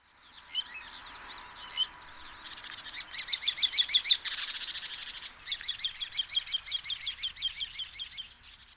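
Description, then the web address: Little ringed plover calls: a few scattered high notes, then fast runs of sharp repeated piping notes, with a brief pause midway, over steady background noise. Recorded at Kuroda, Tatsuno, on 14 May 2014. "koe kochidori 140514 tasuno kuroda"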